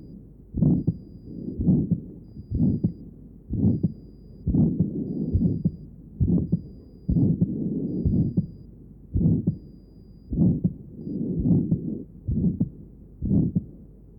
Aortic stenosis with aortic insufficiency. Recording taken at an aortic area and left sternal edge.